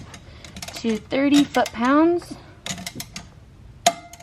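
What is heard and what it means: Someone talks while a click-type torque wrench set to 30 foot-pounds tightens the 14 mm rear brake caliper slide bolt on a 2022 Buick Enclave, with a few light metallic ticks in between. A sharp, loud click at 3.9 s shows the wrench has reached 30 foot-pounds and the bolt is torqued.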